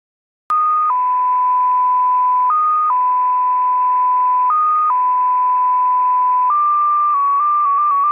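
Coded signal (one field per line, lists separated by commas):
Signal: numbers station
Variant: XPA2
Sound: one steady tone switching between two close pitches, long holds, then quicker switches near the end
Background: radio static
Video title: XPA2 Number Station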